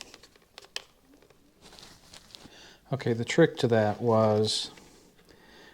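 A plastic triangular intercom mount (antenna side) is brought in from the side into grooves on the side of a motorcycle helmet, then pushed down until it clicks right into place at 0.8 s, among a few other light plastic taps. Someone then talks.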